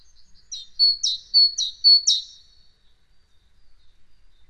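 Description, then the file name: Great tit song, about four quick repeats of a high-then-lower two-note phrase, ringing and evenly paced, then fading into silence. "Parus major"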